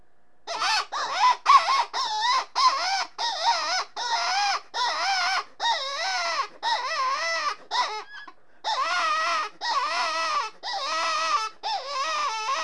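Rabbit squeals repeated in a long, fairly steady series of short harsh wavering cries, roughly two per second, with one brief gap near eight seconds.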